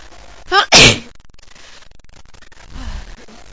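A single sneeze from an adult woman: a short voiced in-breath, then one sharp, explosive, airy "choo" burst. Quiet room noise follows, then a brief low voiced sound near the end. An ordinary sneeze.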